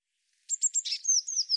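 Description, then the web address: Bird call: sharp high chips run into a string of thin, descending whistled slurs, continuing to the very end. "cianscape birddata Deverinetal 2025 Bird Cy Ca Cy Ca"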